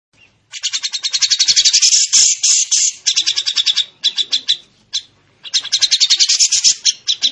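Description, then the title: Bird song made of long runs of very fast, scratchy high notes, broken by brief pauses and then resuming in quick chattering bursts. Training recording (masteran) of a bird's song. "masteran lengkapp"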